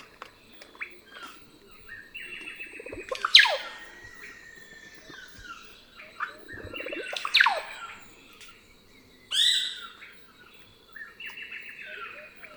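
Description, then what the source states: Russet-backed oropendolas: a few loud, gurgling calls sweeping downward, spaced a few seconds apart, with softer chatter between. Several birds.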